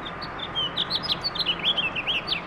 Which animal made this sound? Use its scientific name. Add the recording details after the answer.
Haemorhous mexicanus. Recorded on Long Island, New York, on 18 April 2012. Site GC. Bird B